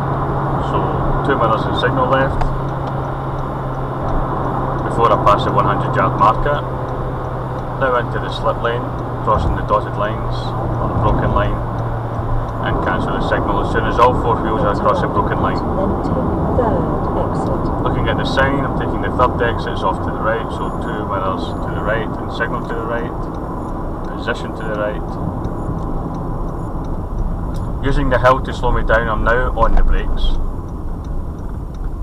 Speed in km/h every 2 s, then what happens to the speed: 100, 98, 98, 95, 90, 87, 85, 79, 74, 68, 63, 60, 53, 50, 44, 37.
0-32 slows to 37.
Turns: none.